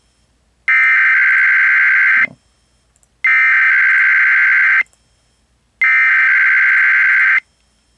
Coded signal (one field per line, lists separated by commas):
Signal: Emergency Alert System (SAME) tones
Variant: header bursts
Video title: EAS #968-970: WHEN THE SDR IS FULL..... Required Weekly Test on KDKA-AM #33 || 5/8/22